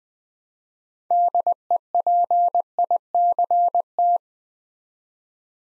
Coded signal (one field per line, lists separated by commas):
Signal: Morse code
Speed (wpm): 20 wpm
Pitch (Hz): 700 Hz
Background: none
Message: DEPICT